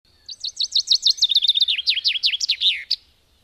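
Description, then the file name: Common chaffinch song, a rapid descending series of sharp repeated notes accelerating into a rattling run and ending in a short emphatic flourish. "erdei pinty"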